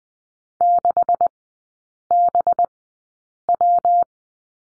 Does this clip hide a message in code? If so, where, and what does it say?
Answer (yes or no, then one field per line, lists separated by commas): yes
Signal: Morse code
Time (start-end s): 0.6-4.0 s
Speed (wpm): 20 wpm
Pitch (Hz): 700 Hz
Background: none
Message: 6BW